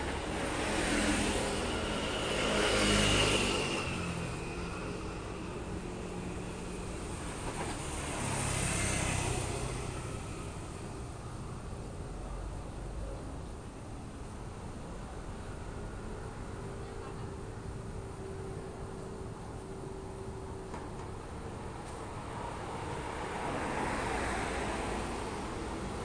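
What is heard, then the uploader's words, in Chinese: A suburban roadside while someone waits for a bus, with passing vehicles sweeping by near the start, again around nine seconds and toward the end. Low engine rumble persists throughout, a steady hum comes in past fifteen seconds, and faint voices sound early on. 週日的晚間，新北新店近郊，一個人等公車。街聲！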